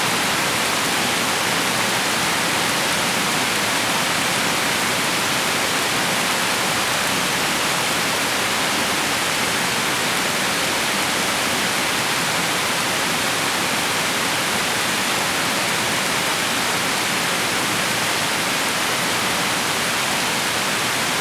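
Torrential rain pours down in a dense, unbroken hiss that holds steady for the whole stretch. The sound is bright and fills the upper range, with a softer rumble underneath and no separate drops, thunder or other sounds standing out.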